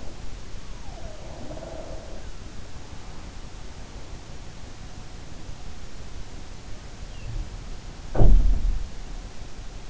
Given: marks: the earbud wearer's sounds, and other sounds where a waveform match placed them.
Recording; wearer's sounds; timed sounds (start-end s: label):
sounds in sleep by an in-ear microphone; breath
0.00-2.76 s: breath
7.25-9.20 s: sound from someone else or the room